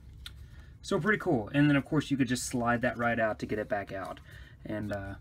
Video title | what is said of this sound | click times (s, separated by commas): Mattel Thundercats SDCC WilyKit and WilyKat Review | and if you're not terrible at this like I am it should lock into place there we go | 0.3 s